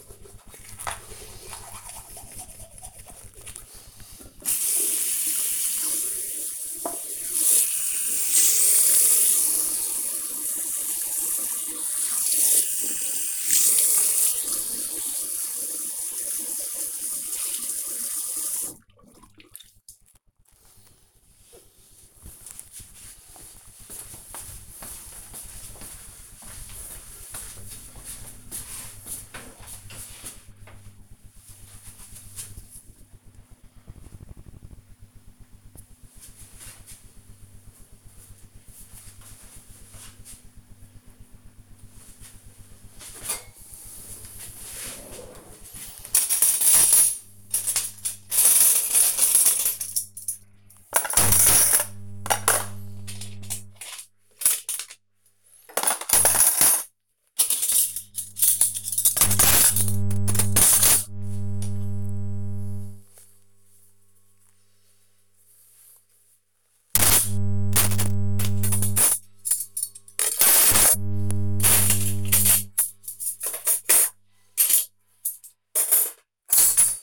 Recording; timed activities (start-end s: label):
household activities, microphone on the right wrist
0.00-20.61 s: brushing teeth
44.75-77.03 s: putting away the dishes